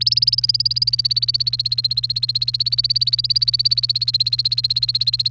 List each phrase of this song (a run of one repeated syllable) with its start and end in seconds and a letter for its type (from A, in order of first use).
0.01-5.31 A